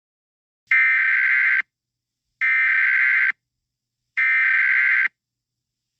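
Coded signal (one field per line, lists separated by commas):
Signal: Emergency Alert System (SAME) tones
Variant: header bursts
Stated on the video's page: Fictional EAS scenario, a simulated alert rather than a real broadcast.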